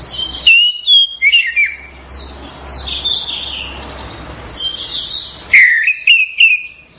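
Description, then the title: Orange-headed thrush singing clear whistles at the start and end, with softer twittering phrases in between and a low hum. "Anis Merah"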